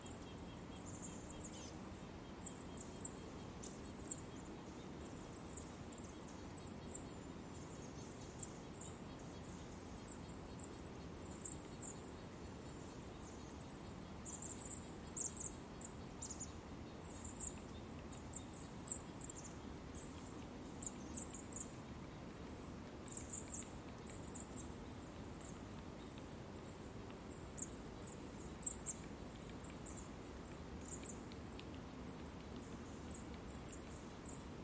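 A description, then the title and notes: A forest park in winter, with a steady low rumble running underneath throughout. High, thin bird calls chirp in quick, short bursts across the whole stretch, sometimes clustering closely together, sometimes pausing briefly, while the overall level stays even. Forest Park in Winter.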